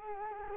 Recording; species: mosquito wingbeat signal from an infrared sensor; Culex quinquefasciatus